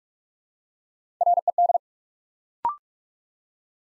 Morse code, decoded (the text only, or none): RED